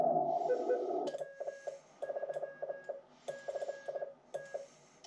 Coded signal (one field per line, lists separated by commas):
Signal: Morse code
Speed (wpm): 18 wpm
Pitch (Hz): 1650 Hz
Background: radio noise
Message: W3CT